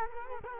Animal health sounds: mosquito wingbeat signal from an infrared sensor; Culex quinquefasciatus

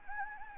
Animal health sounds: mosquito wingbeat signal from an infrared sensor; Anopheles gambiae

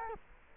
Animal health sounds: mosquito wingbeat signal from an infrared sensor; Culex quinquefasciatus

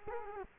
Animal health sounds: mosquito wingbeat signal from an infrared sensor; Culex quinquefasciatus

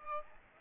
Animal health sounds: mosquito wingbeat signal from an infrared sensor; Aedes albopictus

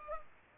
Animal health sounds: mosquito wingbeat signal from an infrared sensor; Culex pipiens

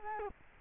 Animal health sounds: mosquito wingbeat signal from an infrared sensor; Culex quinquefasciatus

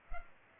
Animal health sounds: mosquito wingbeat signal from an infrared sensor; Culex pipiens

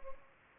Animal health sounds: mosquito wingbeat signal from an infrared sensor; Anopheles arabiensis

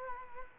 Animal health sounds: mosquito wingbeat signal from an infrared sensor; Culex quinquefasciatus

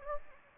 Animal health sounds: mosquito wingbeat signal from an infrared sensor; Anopheles gambiae

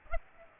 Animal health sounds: mosquito wingbeat signal from an infrared sensor; Aedes aegypti

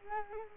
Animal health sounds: mosquito wingbeat signal from an infrared sensor; Culex quinquefasciatus

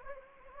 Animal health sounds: mosquito wingbeat signal from an infrared sensor; Anopheles gambiae

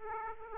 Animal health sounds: mosquito wingbeat signal from an infrared sensor; Aedes aegypti

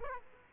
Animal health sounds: mosquito wingbeat signal from an infrared sensor; Aedes aegypti

